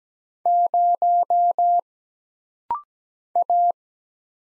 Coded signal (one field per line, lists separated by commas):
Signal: Morse code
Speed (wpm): 17 wpm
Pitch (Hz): 700 Hz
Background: none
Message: 0 A